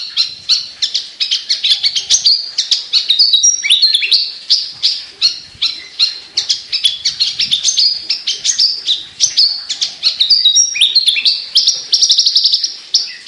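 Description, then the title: Javan bush lark song, a long unbroken stream of rapid, sharp chirps and short whistled notes, busy and varied, with no other sounds standing out. Described as singing 'gacor', meaning constant lively singing. "Branjangan Gacor Petir 1"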